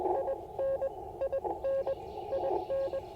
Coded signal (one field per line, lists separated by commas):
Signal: Morse code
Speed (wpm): 20 wpm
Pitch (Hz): 540 Hz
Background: radio noise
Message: IN IN IN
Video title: Morning Morse Code - 3/2/24